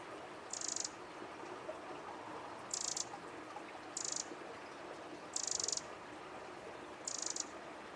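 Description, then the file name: Eurasian wren giving short rasping high buzzes, five in eight seconds at uneven intervals, against faint constant hiss. "Troglodytes troglodytes"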